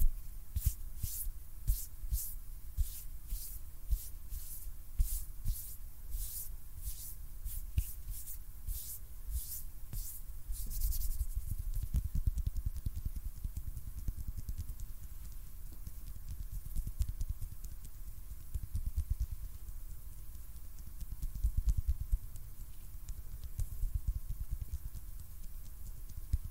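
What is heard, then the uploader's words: Hand sounds: for the first ten seconds or so, quick regular strokes with a bright, hissy edge repeat about twice a second. After that they stop and give way to a low, muffled rubbing and handling that goes on unevenly, with small scattered taps. ASMR HAND SOUNDS NO TALKING.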